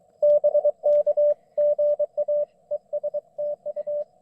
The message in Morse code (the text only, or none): BK GA ES TU